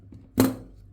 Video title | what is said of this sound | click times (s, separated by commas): #pressing#button#baby | നല്ലപോലെ lock ആയിട്ടുണ്ട് | 0.4 s